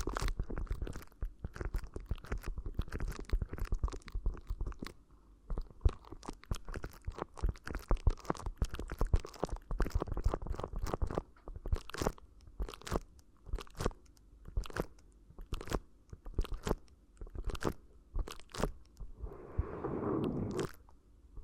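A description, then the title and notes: Crinkly ear massage: dense, rapid crackling and crunching that spans low thumps up to sharp, bright snaps. The crinkles come thick through the first ten seconds, then thin into spaced bursts, with a soft, lower rustling swell near the twentieth second. ASMR Addictive Crinkly Ear Massage (No Talking).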